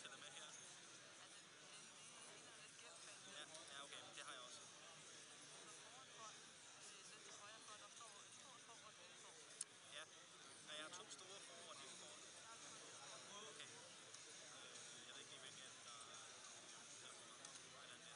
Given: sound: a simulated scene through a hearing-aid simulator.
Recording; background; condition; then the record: conversation; cafeteria; -4 dB SNR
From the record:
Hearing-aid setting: I (fast-acting compression, audibility-based gain); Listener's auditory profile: C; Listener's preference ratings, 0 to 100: 31, 10, 14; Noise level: 65 dB SPL